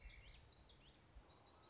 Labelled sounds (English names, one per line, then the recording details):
Common Yellowthroat
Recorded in Sonoma County, California